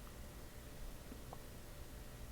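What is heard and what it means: A license plate bulb socket for an Equinox / Terrain is handled against its plastic lamp housing, with its notches being lined up before it is turned to twist-lock and seal. Over a steady low hiss, a faint brief tick is heard around 1.3 s. Nothing has seated or clicked yet.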